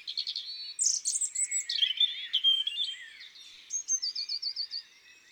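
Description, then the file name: European robin singing a liquid, high-pitched phrase of sliding whistles, ending in a quick run of repeated notes. Recorded in woods and forests. "Rougegorge familier Chants doiseaux des bois et des forets"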